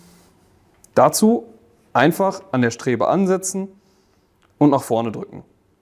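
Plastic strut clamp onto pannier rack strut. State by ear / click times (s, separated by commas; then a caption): not seated / none. Someone talks while a plastic strut clamp for an Infinity Universal Mudguard Rear is handled and placed on the metal strut of the mounted pannier rack, about to be pushed forward until it locks. The clamp has not yet seated or clicked into place by the end of the clip.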